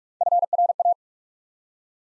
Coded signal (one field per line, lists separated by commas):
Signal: Morse code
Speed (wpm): 44 wpm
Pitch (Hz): 700 Hz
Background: none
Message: FRA